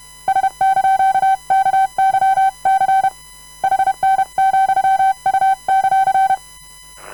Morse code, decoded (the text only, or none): S)KYC HN,U;